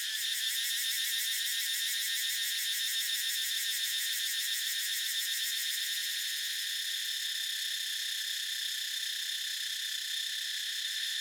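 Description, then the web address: Cicada chorus, a dense, even, high-pitched drone with a rapid throbbing pulse early on that smooths into a continuous hiss. Morning jungle ambience in Thailand. "justsoundeffects - Crickets and Cicadas. Cicada Ambience Morning Jungle Thailand"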